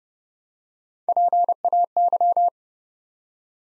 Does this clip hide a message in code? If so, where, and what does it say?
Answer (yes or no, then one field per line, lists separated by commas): yes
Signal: Morse code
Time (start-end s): 1.1-2.5 s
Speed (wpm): 30 wpm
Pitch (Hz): 700 Hz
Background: none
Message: PAY